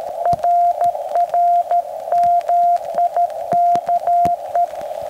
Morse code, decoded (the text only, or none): RR MIKE